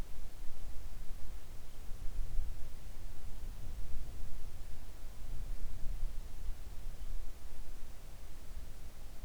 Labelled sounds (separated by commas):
near silence